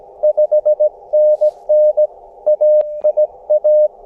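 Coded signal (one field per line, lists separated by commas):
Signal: Morse code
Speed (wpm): 21 wpm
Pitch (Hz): 600 Hz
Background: none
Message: 5NN AIA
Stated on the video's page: QRP CW park activation with an Elecraft KX2, telescopic whip antenna and BaMaKeY TP-III paddle, with birdsong in the background.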